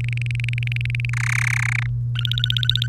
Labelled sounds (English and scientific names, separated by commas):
Domestic Canary (Serinus canaria) song